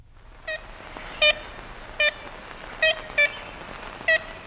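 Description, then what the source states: Ivory-billed Woodpecker calls, short nasal tooting notes like a toy horn, six given irregularly over about four seconds, with a hissy background. Archival Cornell recording made in 1935; a high sound for a big bird, like a little toy horn tooting, resembling a nuthatch.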